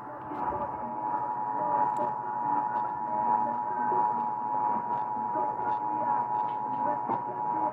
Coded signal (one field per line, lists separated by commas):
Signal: Emergency Alert System (SAME) tones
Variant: 853 and 960 Hz attention tone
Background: speech